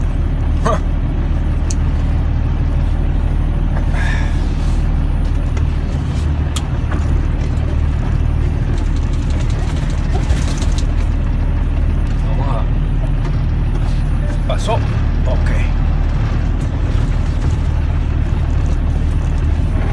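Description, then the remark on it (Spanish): A heavy truck engine rumbles steadily at low pitch while the large truck maneuvers, trying to park, with brief hisses and creaks from brakes scattered throughout and a faint voice now and then. “Voy a ver si puedo parquearme, que no haya problema, ¿no? Con la chota. Esto es bien grande para parquearlo ahí.”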